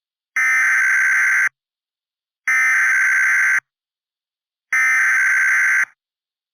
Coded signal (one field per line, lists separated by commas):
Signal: Emergency Alert System (SAME) tones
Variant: header bursts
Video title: Eas scenario West Coast impact